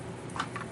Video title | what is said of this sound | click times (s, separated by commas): Nerf Recon MK2 Review | barrel attachment is what you should expect it clicks on Oh does not click on oh that's | none